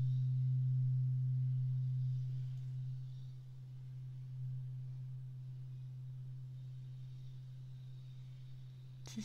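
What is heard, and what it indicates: A steady, low-pitched hearing test tone from an audiometry device in a role-played ear exam, slowly getting quieter. It is used to test hearing, and the listener is to say stop once the sound can no longer be heard.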